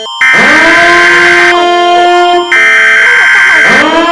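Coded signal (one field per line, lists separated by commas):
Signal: Emergency Alert System (SAME) tones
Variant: header bursts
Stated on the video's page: Recreated, homemade Emergency Alert System tornado and thunderstorm alert made as a prank, with loud, scary EAS sounds and effects.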